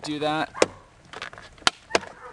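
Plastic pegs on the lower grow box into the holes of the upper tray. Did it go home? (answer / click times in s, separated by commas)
yes / 1.7 s, 2.0 s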